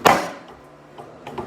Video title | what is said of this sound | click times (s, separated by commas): Ryobi Rolling Stand Table Saw Review | and it locks in place like so. | 0.1 s